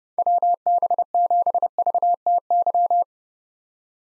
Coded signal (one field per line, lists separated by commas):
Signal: Morse code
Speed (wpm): 30 wpm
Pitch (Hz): 700 Hz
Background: none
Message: WB7VTY